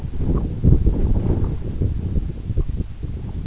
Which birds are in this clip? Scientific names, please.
none